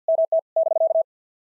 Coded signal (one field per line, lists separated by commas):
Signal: Morse code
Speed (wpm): 48 wpm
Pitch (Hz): 650 Hz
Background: none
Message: MT <BK>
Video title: POTA QSO Practice - 50wpm